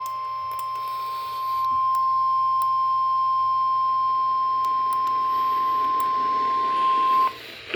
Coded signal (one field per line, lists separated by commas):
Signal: Emergency Alert System (SAME) tones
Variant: 1050 Hz attention tone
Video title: Flash Flood Warning on WXL50, WRAE, WFVL, and WUNL (EAS #1183-1186)